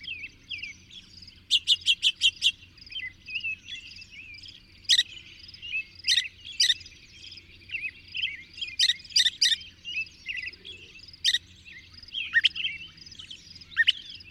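Bird song in a busy chorus: rapid clicking bursts early on, then scattered sharp high chips and twittering notes throughout.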